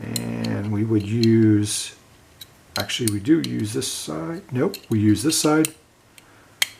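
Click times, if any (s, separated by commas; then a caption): 6.6 s. A small metal wrench accessory is fitted onto the fastener on the handle of a metal multitool while someone talks. After the talking stops, a sharp metallic click at 6.6 s marks the wrench snapping into place, seated.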